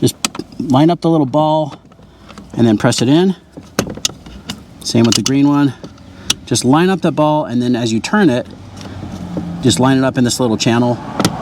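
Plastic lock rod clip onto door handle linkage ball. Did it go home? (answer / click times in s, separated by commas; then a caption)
yes / 3.8 s, 4.0 s. Someone talks while a white plastic lock rod clip for the door lock linkage of a 2019–2023 Toyota RAV4 door is lined up on its ball on the door handle linkage and pressed in by hand. Two sharp clicks are heard at 3.8 s and 4.1 s as the clip seats onto the ball.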